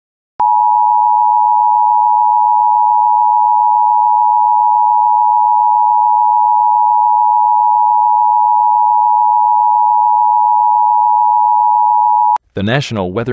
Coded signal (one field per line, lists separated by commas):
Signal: Emergency Alert System (SAME) tones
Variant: 853 and 960 Hz attention tone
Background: speech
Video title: Mock EAS Tornado Warning for Chicago